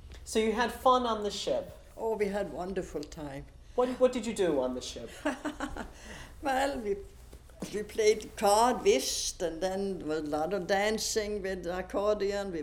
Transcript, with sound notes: So you had fun on the ship?
Oh, we had wonderful time.
What, what did you do on the ship?
(she laughs) Well, we, we played, (unintelligible) and then there was a lot of dancing with accordion.